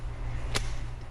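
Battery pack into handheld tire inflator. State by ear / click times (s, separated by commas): seated / 0.6 s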